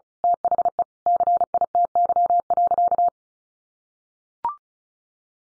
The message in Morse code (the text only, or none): THE CITY.